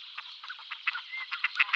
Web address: Schulze Peter Gadwall display